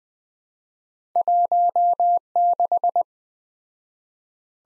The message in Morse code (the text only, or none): 16